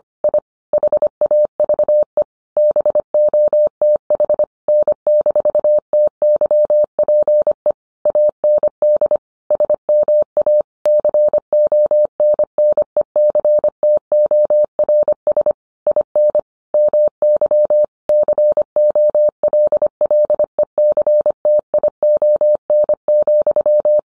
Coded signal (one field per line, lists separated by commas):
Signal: Morse code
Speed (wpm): 25 wpm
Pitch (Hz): 600 Hz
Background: none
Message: I HAVE BOTH N-TYPE AND SMA CONNECTORS IN MY COLLECTION,